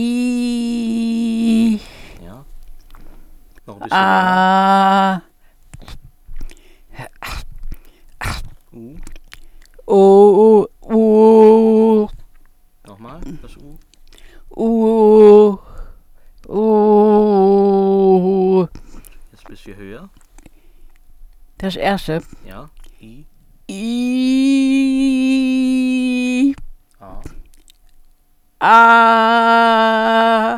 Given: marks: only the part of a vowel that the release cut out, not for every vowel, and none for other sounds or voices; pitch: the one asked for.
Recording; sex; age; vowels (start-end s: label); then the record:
sustained vowels; female; 70 to 79 years
0.00-0.58 s: vowel /i/, normal pitch
4.22-5.05 s: vowel /a/, normal pitch
17.31-18.09 s: vowel /u/, normal pitch
25.04-26.31 s: vowel /i/, high pitch
29.06-30.23 s: vowel /a/, high pitch
From the record:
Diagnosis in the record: healthy voice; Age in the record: 73 years